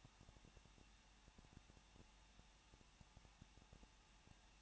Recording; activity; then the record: daily activity, microphone in the room; no activity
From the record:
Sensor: 1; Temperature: 20.1 degrees Celsius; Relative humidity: 39.0%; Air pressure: 1006.6 hPa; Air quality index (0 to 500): 216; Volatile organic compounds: 71 ppm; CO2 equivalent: 3531 ppm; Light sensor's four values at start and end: 1/2/1/1 and 1/2/1/1